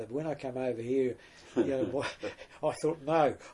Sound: chuckle